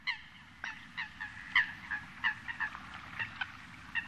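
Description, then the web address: Eurasian coot calling in a quick run of short nasal honking notes, roughly three a second, with a low rumbling background throughout. Recorded in the Sakhalin and Kuril Islands region. "priroda-sakhalina-i-kuril Fulica atra"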